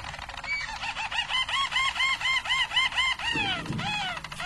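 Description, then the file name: Harz Roller canary singing a tour of rapidly repeated arched notes, followed by a few longer downslurred notes. Harz Roller canary song, called the Belgian canary in the Portuguese source. "canto do canario belga harz roller"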